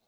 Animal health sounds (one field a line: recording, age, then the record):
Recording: pig call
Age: piglet (1 to 25 days)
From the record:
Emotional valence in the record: positive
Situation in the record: short reunion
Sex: female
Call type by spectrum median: high-frequency call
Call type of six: low-frequency stable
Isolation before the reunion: 3 minutes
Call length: 0.08 s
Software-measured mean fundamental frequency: 92 Hz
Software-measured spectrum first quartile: 630 Hz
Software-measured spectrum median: 3060 Hz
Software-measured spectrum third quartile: 8866 Hz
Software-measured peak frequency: 714 Hz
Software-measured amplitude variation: 33 dB a second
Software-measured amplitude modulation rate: 6.0 a second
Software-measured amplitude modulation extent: 5.5 dB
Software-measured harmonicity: 0.8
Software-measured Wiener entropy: -1.78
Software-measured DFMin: 638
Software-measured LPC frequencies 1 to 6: 688, 2492, 4111, 5020, 6044, 7753 Hz